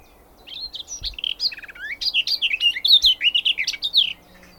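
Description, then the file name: Garden warbler: a flowing, rapid warbled song with mellow chirps and short trilled notes, building slightly louder toward its end. "kerti poszata hangja"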